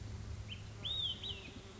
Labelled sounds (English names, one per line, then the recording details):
Olive-sided Flycatcher
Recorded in Sonoma County, California